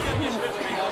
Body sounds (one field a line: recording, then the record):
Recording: coughing mixed with background sound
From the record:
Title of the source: 61 morning phlegmy cough...again